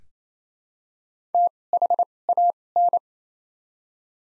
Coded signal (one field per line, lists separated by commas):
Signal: Morse code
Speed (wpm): 28 wpm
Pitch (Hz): 700 Hz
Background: none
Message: T H A N